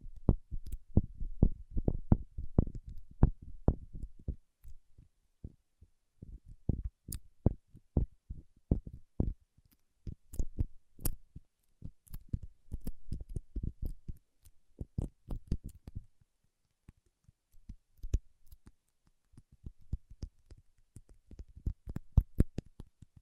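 Paraffin wax being tapped and scratched, a busy run of short, dry knocks and clicks with a soft low thump under each. The taps come in quick irregular bursts with brief pauses, densest in the opening seconds, and a few sharper, brighter clicks stand out.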